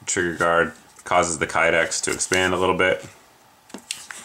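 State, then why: Seated. A kydex trigger-guard holster is pushed forward from the front onto a pistol's trigger guard, so the kydex expands around the guard. Someone talks for the first three seconds, then after a quiet gap small taps lead to a sharp snap at 3.9 s. The holster snaps into place, seated on the trigger guard.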